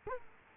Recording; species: mosquito wingbeat signal from an infrared sensor; Culex quinquefasciatus